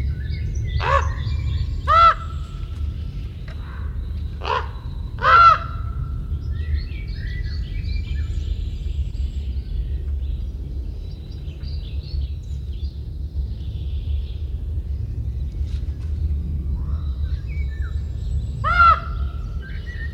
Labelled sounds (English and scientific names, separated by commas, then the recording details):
Common Raven (Corvus corax) call
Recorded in captivity
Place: Serrahn, Mecklenburg-Vorpommern, DE
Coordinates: 53.344, 13.204
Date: 1978-08-04 06:45
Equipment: Nagra III BH, Sennheiser MD 21, parabola
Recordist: Schubert, Michael